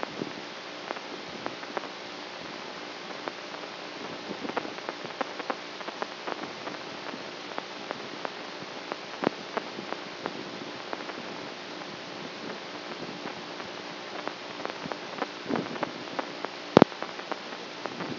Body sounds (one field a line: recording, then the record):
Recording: brain microelectrode recording played as sound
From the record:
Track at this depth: outside the subthalamic nucleus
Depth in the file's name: 6.001 mm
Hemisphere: right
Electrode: 3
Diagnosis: Parkinson's disease